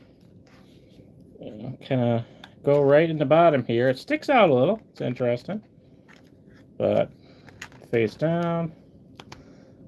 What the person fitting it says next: clicks right in there.